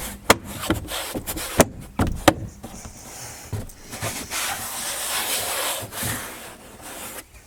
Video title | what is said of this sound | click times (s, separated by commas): SKODA FABIA Rear Door Inner Trim Panel (MK1 99-07) | until they all snugly click into place | 0.3 s, 1.6 s, 2.3 s